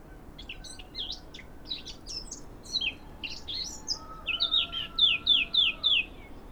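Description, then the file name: Eurasian blackcap singing: a quiet, scratchy, high twittering warble that breaks into a run of loud, clear, fluty whistled notes at the end. "Sylvia atricapilla"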